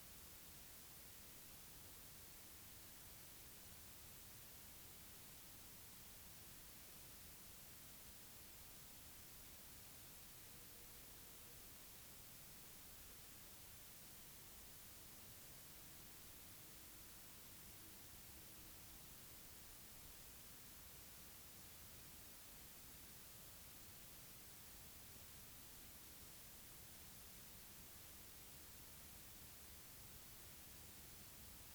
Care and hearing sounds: daily activity, guitar pickup as the sensor; stand

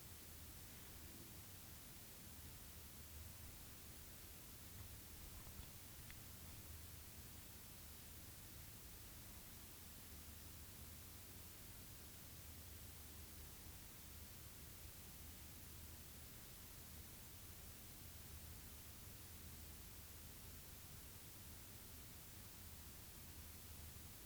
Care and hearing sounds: daily activity, guitar pickup as the sensor; stand

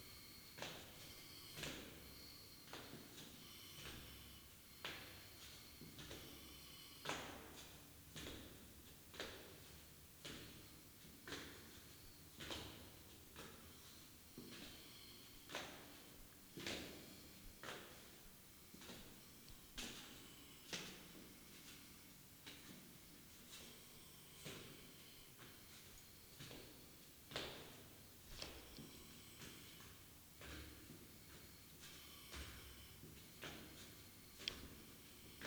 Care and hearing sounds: daily activity, guitar pickup as the sensor; go downstairs

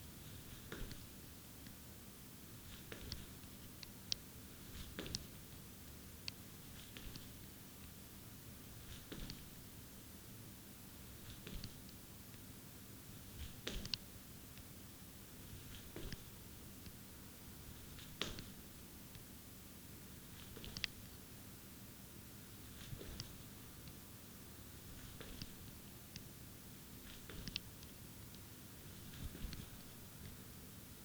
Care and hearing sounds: daily activity, guitar pickup as the sensor; jump

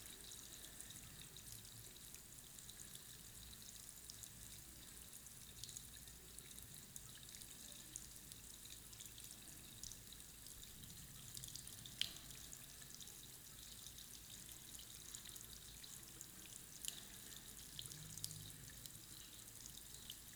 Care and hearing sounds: daily activity, guitar pickup as the sensor; wash hands

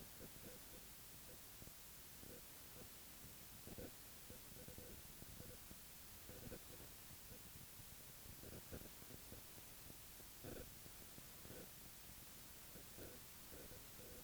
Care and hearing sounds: daily activity, guitar pickup as the sensor; stand

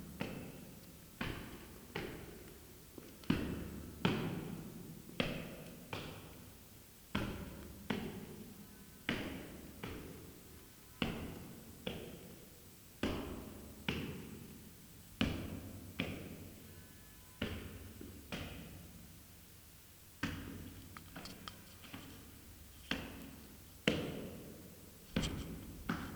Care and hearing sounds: daily activity, guitar pickup as the sensor; go downstairs

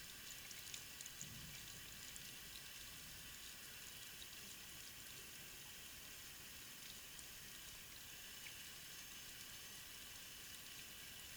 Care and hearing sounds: daily activity, guitar pickup as the sensor; wash hands

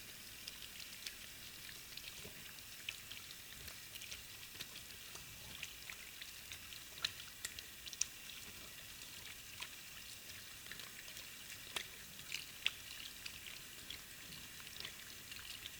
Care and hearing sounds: daily activity, guitar pickup as the sensor; wash hands

